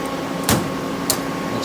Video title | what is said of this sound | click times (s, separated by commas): Mori Seiki sl 200 setup part 1 | snaps on there so come back to our machine we are | 0.5 s, 1.1 s